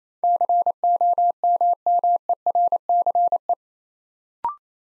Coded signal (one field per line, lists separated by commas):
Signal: Morse code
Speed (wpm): 28 wpm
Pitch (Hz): 700 Hz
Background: none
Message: COMMERCE